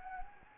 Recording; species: mosquito wingbeat signal from an infrared sensor; Anopheles gambiae